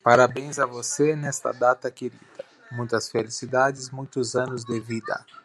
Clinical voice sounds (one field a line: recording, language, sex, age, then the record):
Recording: short text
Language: Brazilian Portuguese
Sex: male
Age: 40 to 49 years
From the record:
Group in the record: control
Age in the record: 41 years